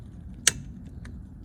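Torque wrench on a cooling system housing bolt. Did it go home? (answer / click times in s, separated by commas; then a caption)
yes / 0.5 s. A torque wrench tightens the right-side bolt on the cooling system housing of a 2002 Mitsubishi Galant. It gives one sharp, bright click at 0.5 s, followed by two much fainter ticks around 1.1 s and 1.5 s over a low background rumble. The wrench clicks at its setting, confirming the bolt is torqued.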